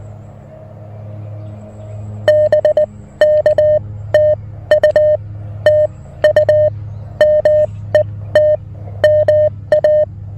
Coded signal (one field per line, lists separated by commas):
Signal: Morse code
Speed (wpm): 19 wpm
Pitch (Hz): 590 Hz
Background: music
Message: BK TU TU MET MA